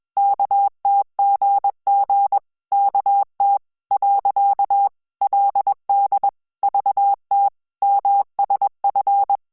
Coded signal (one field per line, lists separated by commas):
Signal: Morse code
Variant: Korean alphabet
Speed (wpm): 21 wpm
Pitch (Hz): 800 Hz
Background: none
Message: 었 어 . 그 러 면